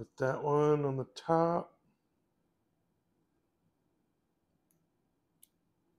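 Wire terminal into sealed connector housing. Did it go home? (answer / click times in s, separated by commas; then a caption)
yes / 5.4 s. A green wire's terminal is pushed into the top cavity of a plastic DT connector housing on a 1982 Mustang wiring harness while someone talks at the start. After a quiet stretch, a sharp click at 5.4 s marks the terminal locking in place, fully seated in the connector.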